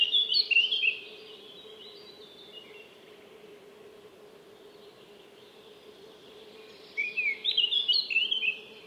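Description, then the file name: Eurasian blackcap song: two short, fast warbling phrases, one at the start and one near the end, separated by several seconds of quiet with a steady low hum. "Sylvia atricapilla"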